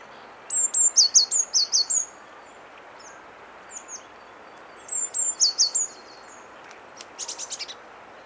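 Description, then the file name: Eurasian blue tit high thin calls, bursts of quick descending notes in two runs, a few soft single notes between, ending in a brief buzzy trill. "Cyanistes caeruleus"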